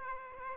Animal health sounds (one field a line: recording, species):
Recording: mosquito wingbeat signal from an infrared sensor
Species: Aedes aegypti